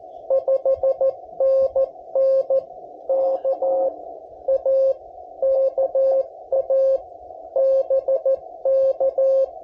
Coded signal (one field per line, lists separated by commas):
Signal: Morse code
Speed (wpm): 14 wpm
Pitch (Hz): 530 Hz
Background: none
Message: 5NN K A KA BK